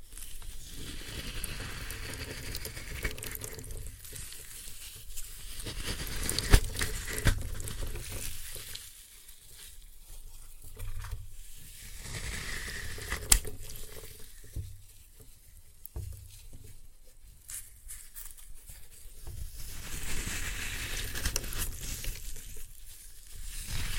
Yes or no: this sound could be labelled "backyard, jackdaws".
no